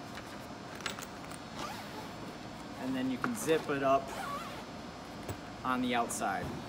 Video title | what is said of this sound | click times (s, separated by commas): Tennant Cordless Upright | push this back up to the top until you hear that click | 0.9 s